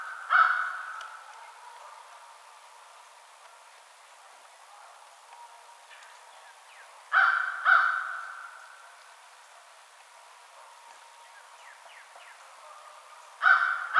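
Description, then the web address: American crow giving short bursts of one or two caws separated by long pauses, with faint chirping notes from other birds in the quiet gaps. Recorded 21 March 2007. "American Crow 2007 03 21"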